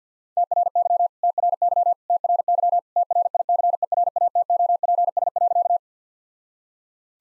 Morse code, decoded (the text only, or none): TRY TRY TRY TRICERATOPS.